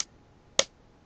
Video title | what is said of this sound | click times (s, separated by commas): Nerf Nite Finder Review and mod | rotate it into until that little clip clips | 0.6 s